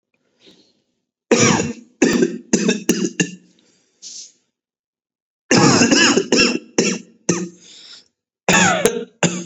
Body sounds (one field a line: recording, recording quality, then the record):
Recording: heavy voluntary cough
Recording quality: excellent, no background noise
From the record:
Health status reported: COVID-19 positive, mild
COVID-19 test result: positive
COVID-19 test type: RT-PCR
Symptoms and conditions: cough, cold, sore throat, fatigue, muscle pain, diarrhoea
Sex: male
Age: 25 years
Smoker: no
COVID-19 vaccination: both doses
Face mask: not worn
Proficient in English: yes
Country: India